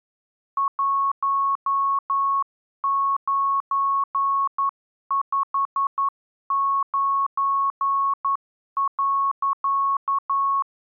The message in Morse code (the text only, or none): 1959.